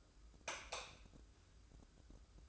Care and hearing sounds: daily activity, microphone in the room; light off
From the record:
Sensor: 2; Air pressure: 995.2 hPa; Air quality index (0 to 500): 71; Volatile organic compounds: 2 ppm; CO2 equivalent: 1239 ppm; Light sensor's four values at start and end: 12/35/14/13 and 7/17/7/7

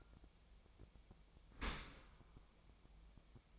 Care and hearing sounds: daily activity, microphone in the room; open dishwasher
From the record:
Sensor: 1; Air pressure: 1004.7 hPa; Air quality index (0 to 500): 121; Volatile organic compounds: 4 ppm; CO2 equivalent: 1675 ppm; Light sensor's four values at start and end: 9/21/8/9 and 9/21/8/9

